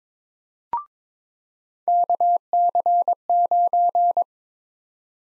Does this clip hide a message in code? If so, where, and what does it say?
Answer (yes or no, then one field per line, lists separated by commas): yes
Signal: Morse code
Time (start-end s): 1.9-4.2 s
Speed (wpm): 22 wpm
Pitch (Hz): 700 Hz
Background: none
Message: KC9